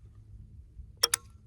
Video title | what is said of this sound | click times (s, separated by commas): The Worlds FASTEST Crossbow + Primitive Hunting Blind | you can hear that that nice clicking noise that means you're on there | 1.0 s, 1.1 s